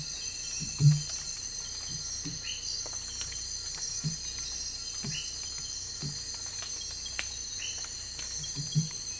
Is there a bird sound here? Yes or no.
no